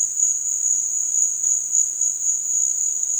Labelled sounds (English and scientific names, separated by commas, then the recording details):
none
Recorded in dense forest near Puerto Asís, Putumayo, Colombia, on 25 June 2025 at 16:00
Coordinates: 0.468, -76.322
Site GP03